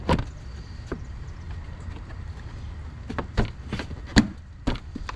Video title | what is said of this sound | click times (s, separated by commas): CFMOTO CForce 600 Touring gets NEW Exhaust | it just snaps into place like so | 4.2 s